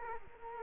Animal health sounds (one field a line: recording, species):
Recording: mosquito wingbeat signal from an infrared sensor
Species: Culex quinquefasciatus